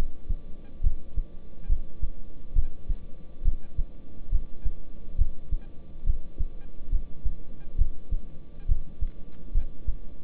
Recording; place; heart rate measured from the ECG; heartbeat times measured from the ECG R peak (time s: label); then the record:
heart sounds by stethoscope; between the tricuspid and mitral areas; 69 bpm
0.84 s: heartbeat
1.69 s: heartbeat
2.56 s: heartbeat
3.45 s: heartbeat
4.32 s: heartbeat
5.19 s: heartbeat
6.07 s: heartbeat
6.92 s: heartbeat
7.79 s: heartbeat
8.69 s: heartbeat
9.55 s: heartbeat
From the record:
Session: rest, lying down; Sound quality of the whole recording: good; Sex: male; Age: 26 years